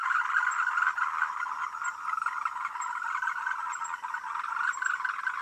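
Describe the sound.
Frogs calling in a dense, continuous chorus of overlapping croaks, a steady trilling band with faint high chirps above it throughout.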